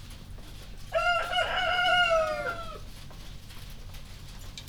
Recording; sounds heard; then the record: poultry house recording; healthy chickens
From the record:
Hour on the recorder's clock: 1